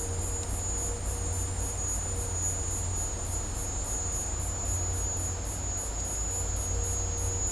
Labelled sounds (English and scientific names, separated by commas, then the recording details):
none
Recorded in dense forest near Puerto Asís, Putumayo, Colombia, on 22 December 2024 at 15:30
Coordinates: 0.503, -76.323
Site G043